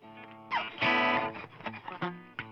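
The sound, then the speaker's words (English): An electric guitar plays through an amp with heavy effects, a distorted, swirling chord swelling loudly after a quiet start, then choppy strummed accents ringing out over a sustained harmonic wash. “I love this amp though. It's got all kinds of good tones.”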